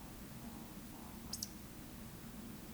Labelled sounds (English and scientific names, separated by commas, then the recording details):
Eurasian Woodcock (Scolopax rusticola) whistle, Eurasian Woodcock (Scolopax rusticola) croak
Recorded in Baden-Württemberg, Germany, on 14 May 2021 at 19:38 UTC
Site 25175, 602 m above sea level